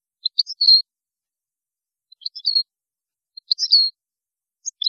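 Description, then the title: European goldfinch song fragments: short high liquid chirps and twitters in several brief bursts. "Chant Chardonneret"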